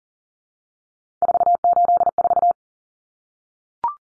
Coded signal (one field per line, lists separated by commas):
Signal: Morse code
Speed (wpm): 40 wpm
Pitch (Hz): 700 Hz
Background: none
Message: 484